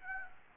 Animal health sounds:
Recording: mosquito wingbeat signal from an infrared sensor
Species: Aedes aegypti

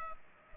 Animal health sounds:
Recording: mosquito wingbeat signal from an infrared sensor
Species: Culex pipiens

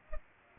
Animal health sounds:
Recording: mosquito wingbeat signal from an infrared sensor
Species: Culex pipiens

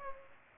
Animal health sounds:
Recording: mosquito wingbeat signal from an infrared sensor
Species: Culex pipiens

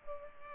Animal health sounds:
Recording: mosquito wingbeat signal from an infrared sensor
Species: Culex pipiens

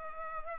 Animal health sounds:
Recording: mosquito wingbeat signal from an infrared sensor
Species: Culex pipiens

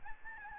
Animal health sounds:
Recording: mosquito wingbeat signal from an infrared sensor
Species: Aedes albopictus

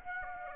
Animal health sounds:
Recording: mosquito wingbeat signal from an infrared sensor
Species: Aedes aegypti

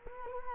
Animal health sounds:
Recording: mosquito wingbeat signal from an infrared sensor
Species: Culex quinquefasciatus

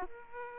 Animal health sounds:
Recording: mosquito wingbeat signal from an infrared sensor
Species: Aedes aegypti

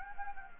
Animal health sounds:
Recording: mosquito wingbeat signal from an infrared sensor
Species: Anopheles gambiae

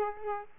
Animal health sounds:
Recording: mosquito wingbeat signal from an infrared sensor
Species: Aedes aegypti

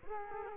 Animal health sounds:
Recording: mosquito wingbeat signal from an infrared sensor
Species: Culex quinquefasciatus

